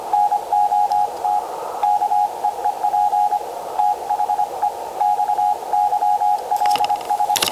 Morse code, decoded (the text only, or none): NOT KEEP THE XYLS